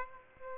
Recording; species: mosquito wingbeat signal from an infrared sensor; Aedes albopictus